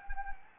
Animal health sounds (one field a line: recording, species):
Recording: mosquito wingbeat signal from an infrared sensor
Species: Anopheles gambiae